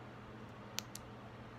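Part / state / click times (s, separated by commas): watch band into fitness tracker body / seated / 0.8 s, 1.0 s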